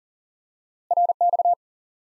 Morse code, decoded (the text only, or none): RX